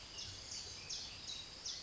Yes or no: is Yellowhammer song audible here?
no